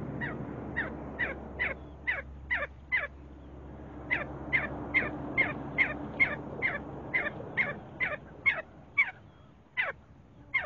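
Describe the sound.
See-see partridge repeating quick downward-sliding notes at a brisk pace, with a brief pause midway and a low background hum.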